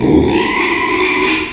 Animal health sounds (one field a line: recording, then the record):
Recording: squeal of a Yucatan mini pig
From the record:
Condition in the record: after surgery on the right vocal fold (resection and tissue-engineered implant)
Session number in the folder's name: 1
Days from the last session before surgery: 6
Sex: male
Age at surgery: 12 weeks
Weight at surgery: 13 kg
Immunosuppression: cyclosporine, prednisolone